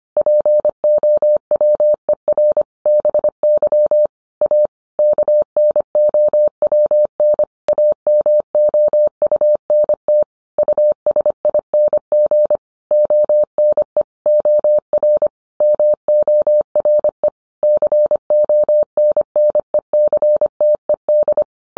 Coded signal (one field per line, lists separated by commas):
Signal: Morse code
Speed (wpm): 25 wpm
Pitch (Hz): 600 Hz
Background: none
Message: POWER BY A KNOWN AMOUNT USING ONE OR MORE CONNECTED